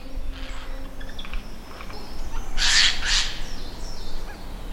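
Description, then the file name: Eurasian jay calling with two loud, hoarse screeches close together after a quieter stretch of soft chirps and low rumble. "Garrulus glandarius"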